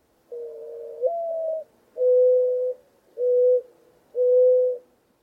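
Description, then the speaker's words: Mourning Dove giving its mournful coo, an opening note that slurs upward followed by three level, hollow hoots about one second apart, with nothing else heard. Mourning doves nest on the ground and have been seen trying to raise six clutches of eggs in one season. "Mourning doves, which nest on the ground, have been seen trying to raise 6 clutches of eggs in one season."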